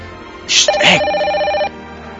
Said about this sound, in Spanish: Puta madre, me está hablando por teléfono.